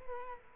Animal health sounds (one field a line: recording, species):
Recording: mosquito wingbeat signal from an infrared sensor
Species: Culex quinquefasciatus